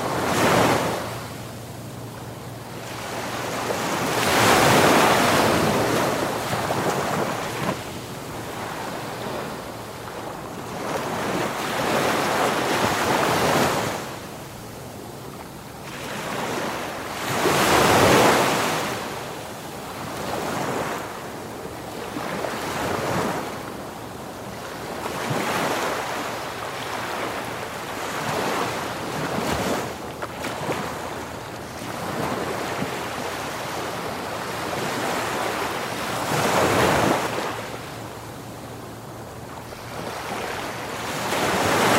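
Ocean waves wash steadily onto the shore, swelling into louder crashes around 5, 18 and 37 seconds, with a low wind rumble underneath.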